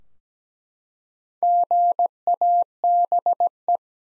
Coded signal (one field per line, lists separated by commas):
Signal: Morse code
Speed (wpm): 17 wpm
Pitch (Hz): 700 Hz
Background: none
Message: GABE